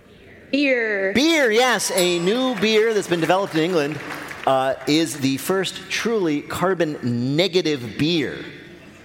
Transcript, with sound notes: Beer.
Beer, yes.
(SOUNDBITE OF BELL)
A new beer that's been developed in England is the first truly carbon-negative beer.